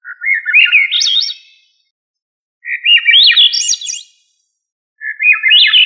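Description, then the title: Thrush singing rising, fluty warbled phrases, three of them with the last cut off, each starting low and sweeping upward in quick notes, separated by short pauses. "Familia Turdidae - Sabia"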